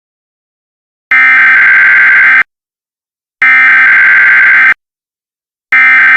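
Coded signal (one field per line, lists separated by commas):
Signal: Emergency Alert System (SAME) tones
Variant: header bursts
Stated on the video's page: Fictional EAS bombing scenario.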